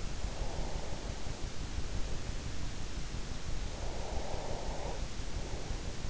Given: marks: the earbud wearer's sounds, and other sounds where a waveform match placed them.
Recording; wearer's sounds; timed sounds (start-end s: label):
sounds in sleep by an in-ear microphone; breath
0.00-1.58 s: breath
3.61-5.71 s: breath